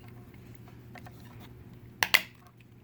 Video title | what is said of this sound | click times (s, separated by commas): How to do a Wall Button Hack Part 1: Prepping the Wall Console | and then this will snap into place | 2.0 s, 2.1 s